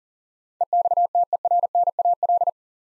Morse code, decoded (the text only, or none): EXTERNAL